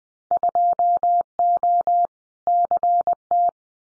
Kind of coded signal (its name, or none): Morse code